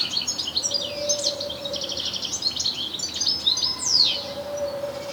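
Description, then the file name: European goldfinch twittering, rapid liquid chirps and trills with sweeping down-slurred notes, a low steady tone twice underneath. "Carduelis carduelis"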